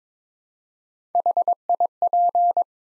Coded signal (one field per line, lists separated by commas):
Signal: Morse code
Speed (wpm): 22 wpm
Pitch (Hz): 700 Hz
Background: none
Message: HIP